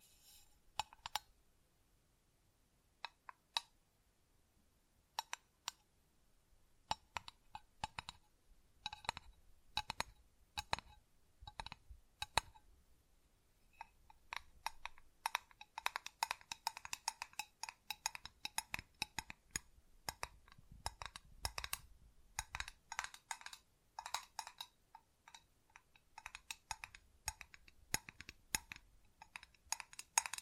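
Tapping and scratching with crisp, clicky taps, sparse and irregular at first, then growing dense and rapid after about fourteen seconds.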